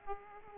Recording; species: mosquito wingbeat signal from an infrared sensor; Aedes aegypti